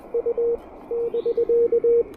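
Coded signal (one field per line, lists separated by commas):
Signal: Morse code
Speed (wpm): 21 wpm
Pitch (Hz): 470 Hz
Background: radio noise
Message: U <BK>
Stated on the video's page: Super-portable CW park activation with an Elecraft KH1 on a right-angle antenna adapter, keyed with a pressure paddle.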